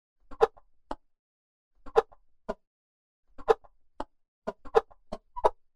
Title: Chickens